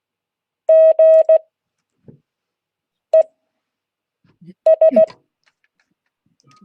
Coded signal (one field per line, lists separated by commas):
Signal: Morse code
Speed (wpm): 16 wpm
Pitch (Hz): 640 Hz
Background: none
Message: GES